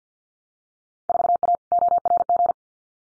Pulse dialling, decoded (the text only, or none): none